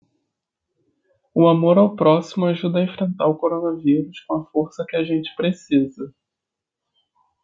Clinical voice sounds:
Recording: spoken sentence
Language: Brazilian Portuguese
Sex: male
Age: 20 to 29 years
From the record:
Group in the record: control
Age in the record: 27 years

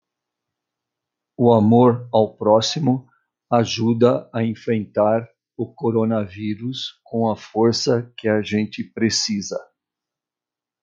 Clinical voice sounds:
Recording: spoken sentence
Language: Brazilian Portuguese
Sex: male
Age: 60 to 69 years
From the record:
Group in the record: control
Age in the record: 65 years

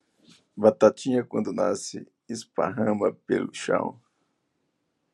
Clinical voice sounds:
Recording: short text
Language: Brazilian Portuguese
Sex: male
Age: 40 to 49 years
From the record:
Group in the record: control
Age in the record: 45 years

